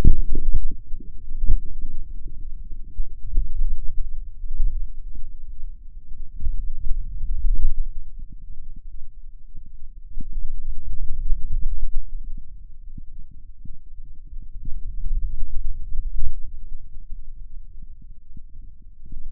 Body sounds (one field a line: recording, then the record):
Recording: forearm muscle sounds (acoustic myography)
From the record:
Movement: finger pinch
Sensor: system 2, bracelet of six BSWA MPA416 microphones around the upper forearm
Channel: 5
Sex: male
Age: 22 years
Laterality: right